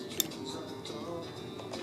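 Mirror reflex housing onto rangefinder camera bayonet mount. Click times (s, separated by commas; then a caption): 0.2 s. A Leitz Visoflex III mirror reflex housing is fitted onto the bayonet mount of a Leica M digital rangefinder camera, and its locking lever is pushed up. A single sharp click at 0.2 s shows the housing locking securely in place, over steady background music.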